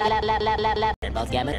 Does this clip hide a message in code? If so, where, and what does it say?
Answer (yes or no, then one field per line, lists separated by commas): no